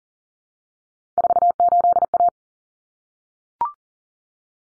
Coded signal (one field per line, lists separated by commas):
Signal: Morse code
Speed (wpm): 40 wpm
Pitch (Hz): 700 Hz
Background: none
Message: 48A